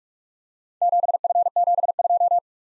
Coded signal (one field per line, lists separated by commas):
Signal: Morse code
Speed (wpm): 46 wpm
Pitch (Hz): 700 Hz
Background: none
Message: 7F72